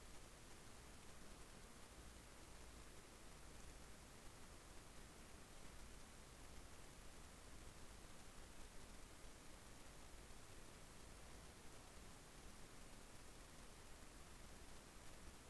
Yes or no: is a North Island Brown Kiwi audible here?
no